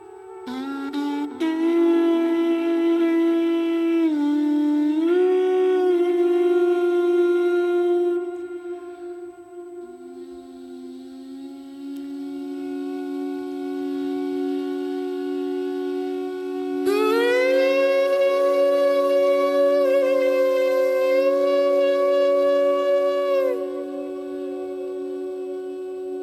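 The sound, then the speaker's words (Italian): An ordinary acoustic conch shell blown like a wind instrument, a natural horn, with a little added effect and reverb, gives loud, sustained, buzzy tones that step between a few pitches, softening briefly mid-way before a brighter, stronger blast returns. No one speaks. “No, è una conchiglia proprio acustica, normale, c'è un po' di effetto, un po' di riverbero, però proprio suono naturale della conchiglia, suonato come strumento a fiato, un corno praticamente, un corno naturale.”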